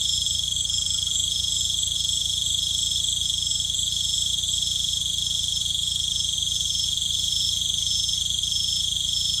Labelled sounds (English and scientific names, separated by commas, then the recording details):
none
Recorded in pastures near Puerto Asís, Putumayo, Colombia, on 18 December 2024 at 18:30
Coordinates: 0.472, -76.331
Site GP02